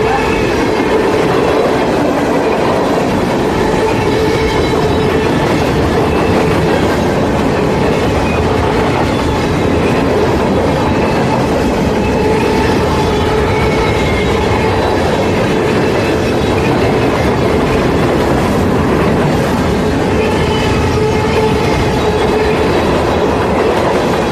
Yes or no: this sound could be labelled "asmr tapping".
no